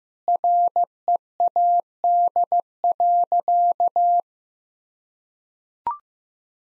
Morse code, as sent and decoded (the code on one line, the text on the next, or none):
.-. . .- -.. .-.-.-
READ.